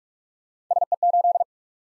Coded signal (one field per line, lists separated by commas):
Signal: Morse code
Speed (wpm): 44 wpm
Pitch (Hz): 700 Hz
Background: none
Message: SE8